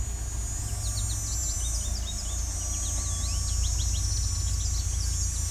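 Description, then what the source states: American goldfinch calls, a steady stream of thin high twittering notes, some rising and some falling, over a low hum and faint insect trilling. Several goldfinches, recorded while hiking a trail on the side of a drumlin, a small hill, in Westover, Ontario.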